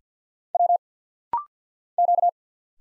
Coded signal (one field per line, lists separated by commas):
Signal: Morse code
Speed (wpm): 54 wpm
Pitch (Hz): 700 Hz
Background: none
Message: W Q